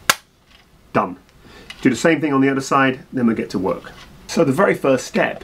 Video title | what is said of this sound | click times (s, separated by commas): How We Make 'Em 2018 - Making Better Bike Wheels | through axle in and it just literally pops into here with a little click done | 0.1 s